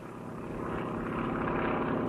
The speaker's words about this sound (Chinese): 杜聿明的部队从徐州仓皇撤退，当走到一个村子时，一架飞机赶来，投下一个小降落伞。